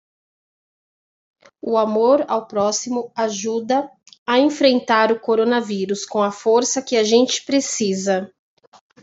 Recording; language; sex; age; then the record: spoken sentence; Brazilian Portuguese; female; 40 to 49 years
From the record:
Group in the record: control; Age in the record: 44 years